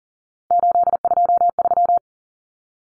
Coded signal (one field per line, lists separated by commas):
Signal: Morse code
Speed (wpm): 40 wpm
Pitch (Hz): 700 Hz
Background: none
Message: 823